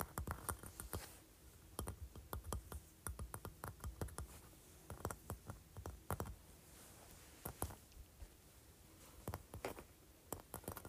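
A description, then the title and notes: A large textured sea shell is handled, giving off sharp, dry clicks and taps in quick clusters, like rapid typing. The bursts come every second or two with short pauses between, over a quiet, faint hiss, and a few louder knocks stand out. ASMR Large Textured Sea Shell.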